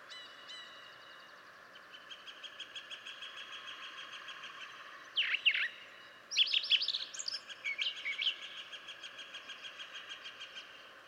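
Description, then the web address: Brown Thrasher singing loud chattering phrases in two bursts midway, framed by a steady background of quick soft pulses. "birdsongforthecurious Brown Thrasher"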